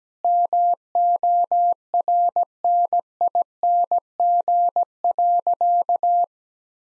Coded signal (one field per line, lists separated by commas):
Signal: Morse code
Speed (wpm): 17 wpm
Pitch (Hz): 700 Hz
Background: none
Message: MORNING.